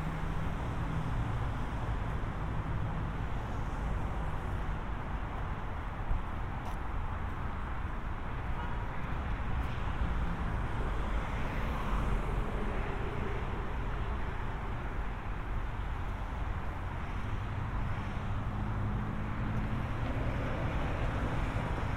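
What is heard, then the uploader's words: A binaural recording of a walk through San Diego, full of a steady, dense wash of traffic noise that never lets up. Low rumble dominates, with cars passing now and then, plus a faint sharp click near seven seconds. Harbor to Apartment. A binaural recording of a walk from the San Diego County Admin Building to my apartment in Golden Hill.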